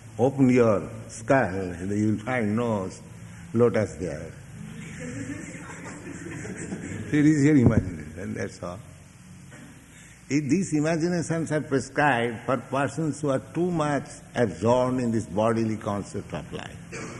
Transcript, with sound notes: open your skull, you will find no lotus there. [laughter] So it is your imagination, that's all. These imaginations are prescribed for persons who are too much absorbed in this bodily concept of life.